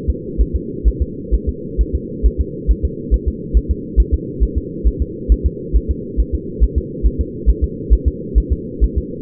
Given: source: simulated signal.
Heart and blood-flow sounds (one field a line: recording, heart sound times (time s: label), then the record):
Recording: fetal heart sounds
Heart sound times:
0.10 s: S2
0.41 s: S1
0.56 s: S2
0.88 s: S1
1.02 s: S2
1.34 s: S1
1.49 s: S2
1.81 s: S1
1.95 s: S2
2.26 s: S1
2.41 s: S2
2.71 s: S1
2.85 s: S2
3.14 s: S1
3.28 s: S2
3.57 s: S1
3.71 s: S2
4.00 s: S1
4.14 s: S2
4.43 s: S1
4.58 s: S2
4.88 s: S1
5.02 s: S2
5.32 s: S1
5.46 s: S2
5.77 s: S1
5.91 s: S2
6.20 s: S1
6.35 s: S2
6.64 s: S1
6.78 s: S2
7.06 s: S1
7.21 s: S2
7.50 s: S1
7.64 s: S2
7.93 s: S1
8.08 s: S2
8.38 s: S1
8.52 s: S2
8.84 s: S1
8.98 s: S2
From the record:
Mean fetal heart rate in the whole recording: 135 bpm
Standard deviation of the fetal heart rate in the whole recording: 3 bpm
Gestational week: 34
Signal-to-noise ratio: -4.1 dB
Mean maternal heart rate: no maternal heart sound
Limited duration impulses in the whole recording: absent